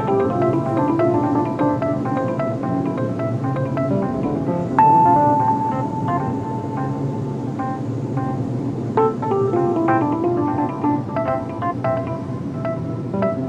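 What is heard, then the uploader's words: Layered piano notes ring steadily over a thick, low buzzing drone like bees, with a sustained bright note near five seconds and a fresh cluster near nine. INSIDE THE BEEHIVE. PIECE FOR 4 PIANOS AND A LOT OF BEES.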